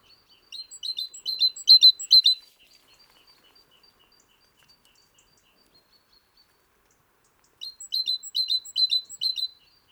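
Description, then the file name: Great tit: a burst of rapid, high ringing paired notes, a long quiet gap with faint notes, then another similar burst. "Parus major"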